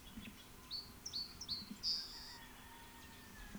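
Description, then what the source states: Song Sparrow song: a few short high chirping notes followed by a sustained higher note, faint against steady background hiss. First individual; songs counted aloud by the recordist; recorded February 21, 1970, Strawberry Canyon, Alameda County, California.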